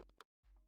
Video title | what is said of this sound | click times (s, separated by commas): We build 100+ PCs at the Same Time! Will they all turn on? | You hear that? Go and push push hard and it'll click in. | 0.2 s